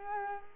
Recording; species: mosquito wingbeat signal from an infrared sensor; Culex quinquefasciatus